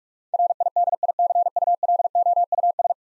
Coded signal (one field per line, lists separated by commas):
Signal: Morse code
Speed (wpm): 46 wpm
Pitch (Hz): 700 Hz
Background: none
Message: RIDICULOUS